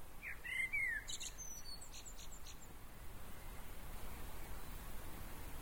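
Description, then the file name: Common blackbird giving one short phrase: a clear, slurred whistle falling in pitch, then a run of faint, high, chattering notes, then only steady hiss. "Turdus merula"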